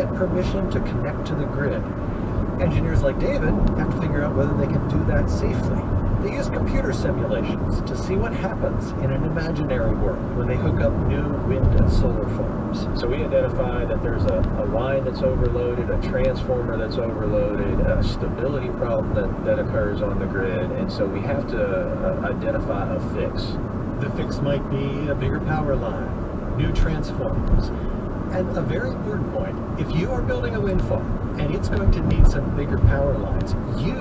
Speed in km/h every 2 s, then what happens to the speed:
76, 76, 72, 72, 72, 72, 71, 69, 69, 68, 66, 68, 68, 66, 68, 66, 68.
0-34 slows to 68.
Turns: none.